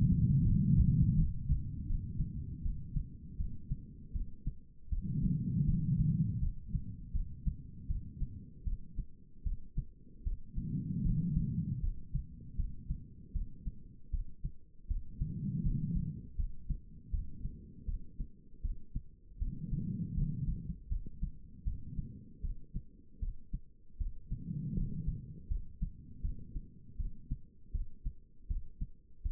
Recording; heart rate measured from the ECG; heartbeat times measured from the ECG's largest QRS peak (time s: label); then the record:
heart sounds by stethoscope; 79 bpm
0.43 s: heartbeat
1.15 s: heartbeat
1.87 s: heartbeat
2.62 s: heartbeat
3.37 s: heartbeat
4.13 s: heartbeat
4.90 s: heartbeat
5.65 s: heartbeat
6.40 s: heartbeat
7.12 s: heartbeat
7.87 s: heartbeat
8.64 s: heartbeat
9.44 s: heartbeat
10.24 s: heartbeat
11.03 s: heartbeat
11.81 s: heartbeat
12.56 s: heartbeat
13.33 s: heartbeat
14.11 s: heartbeat
14.88 s: heartbeat
15.63 s: heartbeat
16.36 s: heartbeat
17.11 s: heartbeat
17.86 s: heartbeat
18.62 s: heartbeat
19.39 s: heartbeat
20.15 s: heartbeat
20.89 s: heartbeat
21.64 s: heartbeat
22.42 s: heartbeat
23.20 s: heartbeat
23.98 s: heartbeat
24.74 s: heartbeat
25.48 s: heartbeat
26.22 s: heartbeat
26.97 s: heartbeat
27.72 s: heartbeat
28.48 s: heartbeat
29.23 s: heartbeat
From the record:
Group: healthy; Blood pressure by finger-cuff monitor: 107/69 mmHg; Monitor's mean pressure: 84 mmHg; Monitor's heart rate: 79 bpm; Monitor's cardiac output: 5 L/min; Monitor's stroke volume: 62 mL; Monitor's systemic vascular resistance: 1230 dyn s/cm5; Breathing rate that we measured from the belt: 12 breaths a minute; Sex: female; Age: 51 years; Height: 162 cm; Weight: 70.04 kg